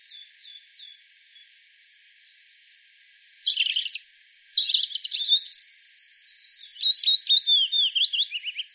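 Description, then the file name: European robin song: faint thin notes at first, then after a pause a rich run of varied, high warbled and trilled phrases with quick twittering notes. "Erithacus rubecula"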